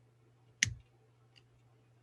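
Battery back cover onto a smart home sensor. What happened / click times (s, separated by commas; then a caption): The small plastic cover twist-locked into place with a click / 0.6 s. A small plastic smart home sensor's battery back cover is twisted closed over the battery with a coin (a quarter or nickel), giving a sharp, bright click at 0.6 s as it locks, followed by a much fainter tick at 1.4 s over a steady low hum. The cover is seated and locked, and the sensor is ready to go.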